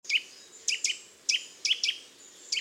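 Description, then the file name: Eurasian nuthatch giving sharp, high, down-slurred 'twit' calls, singly and in quick pairs, irregularly repeated over a quiet background. "Sitta europaea"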